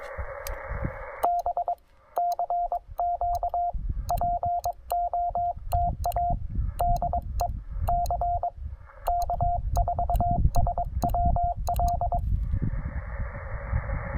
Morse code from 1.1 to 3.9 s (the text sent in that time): B CQ